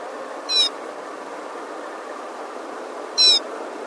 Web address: animal rufous-necked-snowfinch-call